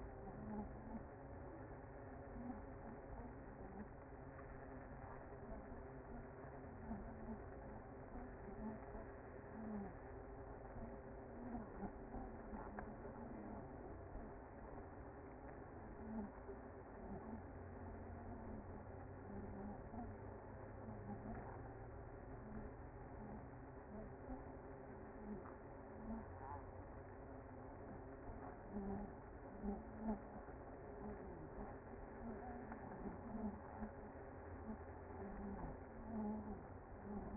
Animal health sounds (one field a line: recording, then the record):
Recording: honeybee colony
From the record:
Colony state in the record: active